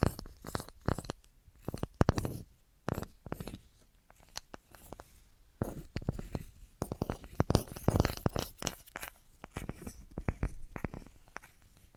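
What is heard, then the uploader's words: Crisp tapping sounds in quick irregular bursts, sharp clicks and knocks on assorted objects, with brief quiet gaps. ASMR Tingliest Tapping Assortment for Sleep (No Talking).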